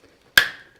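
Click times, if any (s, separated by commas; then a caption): 0.4 s. A torque screwdriver tightening an MCB terminal screw under more downward pressure gives a single sharp click at 0.4 s when it reaches its 2.5 Nm setting. The click rings briefly before fading, confirming the screw is at the required torque.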